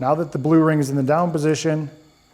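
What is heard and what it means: Someone talks while an arm holder mount is handled at a table base with its blue locking ring in the down position, which is needed for the mount to seat and lock. The voice fades into a low, quiet hum near the end, and nothing has seated or clicked yet.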